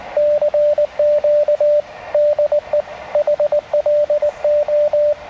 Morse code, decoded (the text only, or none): CQ DE HLO